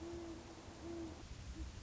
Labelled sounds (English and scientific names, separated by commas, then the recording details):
Great Horned Owl (Bubo virginianus)
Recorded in Sonoma County, California